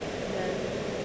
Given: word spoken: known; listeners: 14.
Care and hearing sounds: one English word in noise, from a listening test; speech-shaped noise; -5.0 dB; 0 of 14; 8 of 14; 0.65 s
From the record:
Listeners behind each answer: 8, 3, 1, 1, 1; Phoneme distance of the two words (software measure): 7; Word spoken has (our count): 1 syllable, 3 phonemes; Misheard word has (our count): 1 syllable, 2 phonemes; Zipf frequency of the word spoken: 5.29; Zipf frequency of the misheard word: 6.43

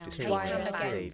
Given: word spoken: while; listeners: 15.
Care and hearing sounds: one English word in noise, from a listening test; four-talker babble; -1.0 dB; 3 of 15; 6 of 15; 0.74 s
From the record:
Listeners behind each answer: 6, 3, 2, 2, 1, 1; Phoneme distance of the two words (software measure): 10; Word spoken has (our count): 1 syllable, 3 phonemes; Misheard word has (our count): 2 syllables, 3 phonemes, stress on syllable 1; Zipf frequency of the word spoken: 5.45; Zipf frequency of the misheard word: 4.29

